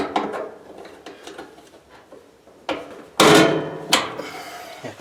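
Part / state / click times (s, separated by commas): blower assembly component into the dryer housing / seated / 3.2 s, 3.9 s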